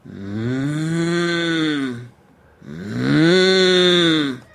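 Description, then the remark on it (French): A human voice imitates a cow mooing as a vocal exercise to find the voice's basic timbre: two long, low, droning moos with a brief pause between them, the second one slightly louder and swelling in the middle. “On imite la vache qui mugit.”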